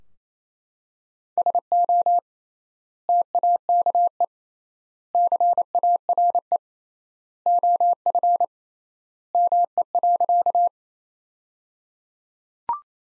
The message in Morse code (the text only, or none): SO TAKE CARE OF ME.